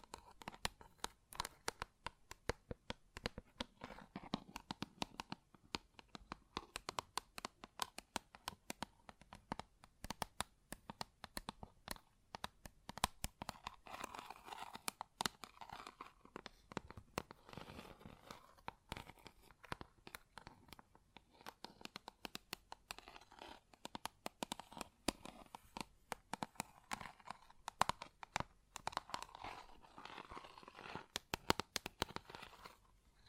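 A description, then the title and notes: Close-up metallic sounds: a dense, irregular stream of sharp clicks and rattles, crinkly like handled foil, continuing unevenly for the whole half minute. ASMR Close Up Metallic Sounds (No Talking).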